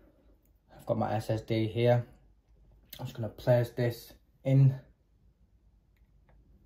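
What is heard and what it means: An M.2 SSD is placed and lined up at its slot on a laptop motherboard before being pushed in. Someone talks throughout, with only faint handling noise between the words. Nothing has seated or clicked yet.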